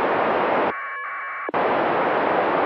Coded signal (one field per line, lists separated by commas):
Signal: packet radio (AX.25, as in APRS)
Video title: ISS packet QSO